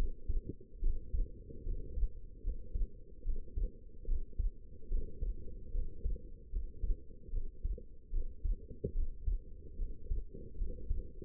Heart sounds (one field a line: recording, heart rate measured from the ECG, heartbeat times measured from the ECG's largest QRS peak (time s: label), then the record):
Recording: heart sounds by stethoscope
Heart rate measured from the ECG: 74 bpm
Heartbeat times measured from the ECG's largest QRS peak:
0.80 s: heartbeat
1.64 s: heartbeat
2.42 s: heartbeat
3.23 s: heartbeat
4.06 s: heartbeat
4.89 s: heartbeat
5.72 s: heartbeat
6.51 s: heartbeat
7.31 s: heartbeat
8.11 s: heartbeat
8.93 s: heartbeat
9.77 s: heartbeat
10.56 s: heartbeat
From the record:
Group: healthy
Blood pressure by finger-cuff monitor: 93/61 mmHg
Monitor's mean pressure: 70 mmHg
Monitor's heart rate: 72 bpm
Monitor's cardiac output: 5.6 L/min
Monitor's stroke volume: 77 mL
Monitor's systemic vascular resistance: 900 dyn s/cm5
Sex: female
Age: 19 years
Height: 163 cm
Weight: 51 kg